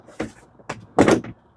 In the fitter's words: another clicking sound.